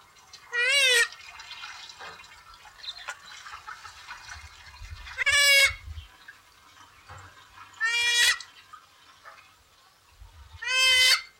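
Pukeko giving four loud, harsh, nasal screeches at uneven intervals, with quieter background chatter and low rumble between calls.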